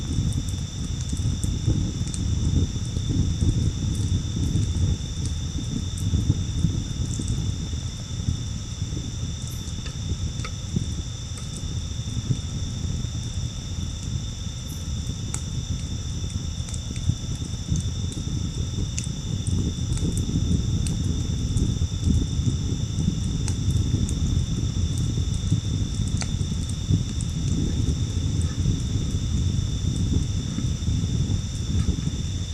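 A campfire crackles with small, scattered pops arriving every second or two over a steady, dense low rumble like wind or an engine. A thin, constant high whine hangs in the background, and the overall level stays even throughout.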